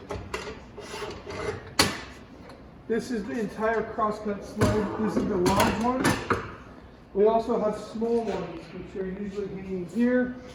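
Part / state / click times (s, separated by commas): table saw fence or sled part locking onto the saw table / seated / 1.8 s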